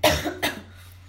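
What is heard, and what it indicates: Two quick, explosive coughs from an adult woman with a hoarse voice, about 0.4 seconds apart. The first is louder than the second, and a faint tail follows. Both bursts are dry and sharp, an isolated cough in the middle of a casual conversation at home, with quiet room tone around them.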